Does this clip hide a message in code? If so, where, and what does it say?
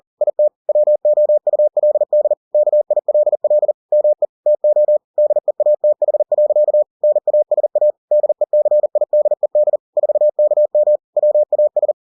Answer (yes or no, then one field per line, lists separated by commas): yes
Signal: Morse code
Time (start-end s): 0.2-11.9 s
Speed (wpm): 40 wpm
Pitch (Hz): 600 Hz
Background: none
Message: IT WOULD KILL ME TO DEATH. NASA DECIDED 4KM WAS